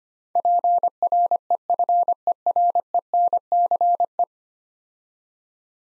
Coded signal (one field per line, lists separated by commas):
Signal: Morse code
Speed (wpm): 25 wpm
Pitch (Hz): 700 Hz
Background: none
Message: PREFERENCE